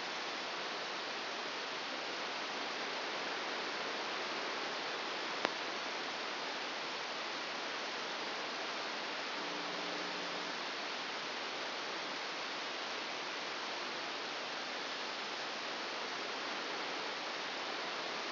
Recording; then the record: brain microelectrode recording played as sound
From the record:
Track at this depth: inside the subthalamic nucleus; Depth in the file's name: 4.208 mm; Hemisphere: right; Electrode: 2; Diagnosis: Parkinson's disease